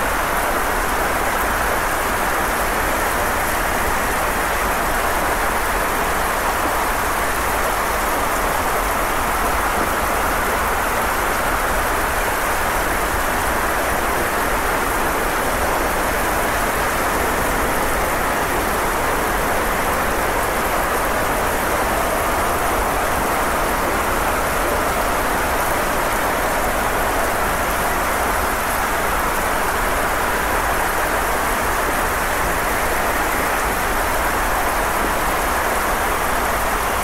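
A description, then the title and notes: Steady, dense rainfall hisses evenly throughout, unchanging, with a soft low rumble beneath and no distinct drops or breaks. Rainfall Ambiance.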